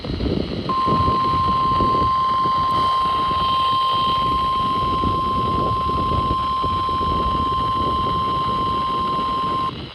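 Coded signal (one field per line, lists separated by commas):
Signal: Emergency Alert System (SAME) tones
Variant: 1050 Hz attention tone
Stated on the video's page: Severe Thunderstorm Warning received on weather radio station WXK72.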